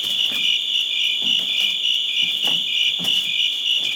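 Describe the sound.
Cricket chorus with continuous high trilled chirps, plus a few soft low thumps or knocks scattered through the background.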